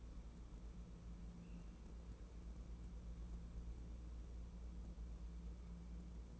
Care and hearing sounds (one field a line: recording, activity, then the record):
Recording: daily activity, microphone in the room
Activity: wipe stove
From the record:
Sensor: 1